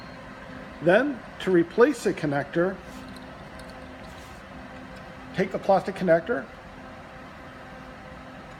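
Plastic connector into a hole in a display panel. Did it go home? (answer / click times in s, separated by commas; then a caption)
no / none. A plastic connector is handled for pushing into a hole in a hop-up display panel while someone talks in two short bursts over a faint steady hum. Nothing has seated or clicked yet.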